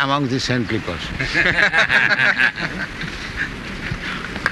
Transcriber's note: laughter